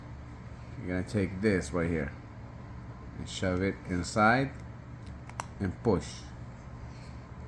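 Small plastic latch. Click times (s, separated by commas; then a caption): 5.4 s. On a Mercedes C300 key fob, the mechanical key blade is shoved into the slot and pushed, and the battery cover latch releases with a sharp click at 5.4 s, just after a fainter tick at 5.3 s. Someone talks before and after the click over a low steady hum, and the battery cover comes open.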